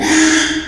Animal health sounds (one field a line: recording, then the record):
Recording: squeal of a Yucatan mini pig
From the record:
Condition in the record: after surgery on the right vocal fold (resection and tissue-engineered implant)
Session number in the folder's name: 3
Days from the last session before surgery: 33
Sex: male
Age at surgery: 12 weeks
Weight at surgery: 13 kg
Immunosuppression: cyclosporine, prednisolone